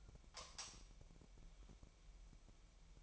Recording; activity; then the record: daily activity, microphone in the room; light off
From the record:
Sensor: 1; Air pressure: 1001.9 hPa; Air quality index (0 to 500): 245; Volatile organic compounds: 49 ppm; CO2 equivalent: 3285 ppm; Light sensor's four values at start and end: 13/42/17/18 and 5/11/4/5